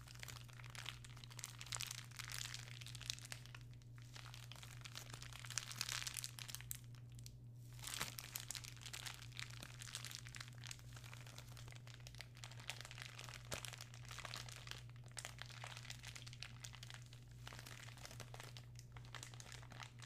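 Plastic crinkles and crackles nonstop for the whole stretch, a dense, irregular patter of small crisp snaps that swells and thins without pause. Bright, it sits over a steady low hum.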